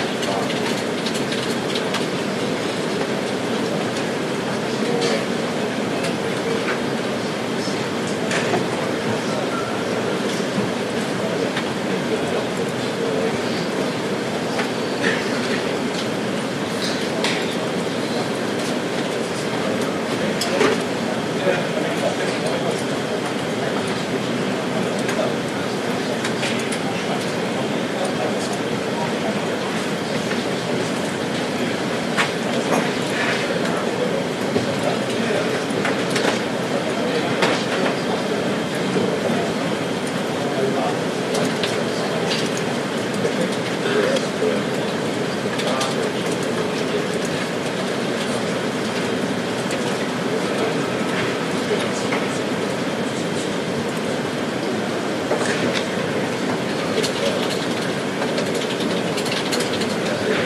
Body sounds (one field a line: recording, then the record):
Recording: background sound without coughing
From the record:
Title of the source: Office Sounds Ambience - Background Noise for Study and Work